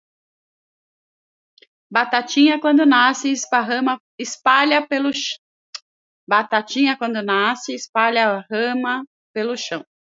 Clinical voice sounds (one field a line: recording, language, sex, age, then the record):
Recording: short text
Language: Brazilian Portuguese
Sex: female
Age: 50 to 59 years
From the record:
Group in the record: control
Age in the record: 52 years